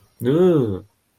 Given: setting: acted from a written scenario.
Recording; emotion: vocal sound without words; elation